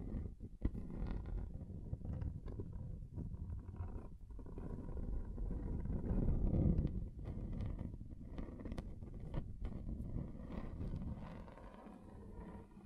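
A table scrapes across different surfaces in a continuous low, rough rumble with short scratchy bursts, swelling louder around the middle.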